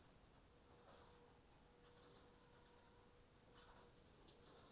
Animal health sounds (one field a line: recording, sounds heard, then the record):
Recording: poultry house recording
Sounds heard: no chicken sound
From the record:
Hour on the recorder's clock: 21